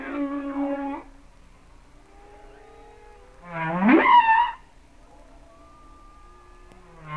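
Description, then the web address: Humpback whale song: a harmonic moan, then a sweeping upward cry with wavering tones, and a faint steady whistle-like tone between the calls. "Natures Songs Whale Songs Sounds of Nature - Humpback Whales"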